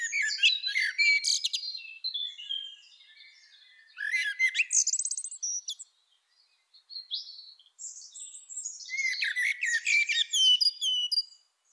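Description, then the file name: Common blackbird song of mellow whistled notes followed by thin, high chattering flourishes, repeated in several phrases with brief silences. "Turdus merula"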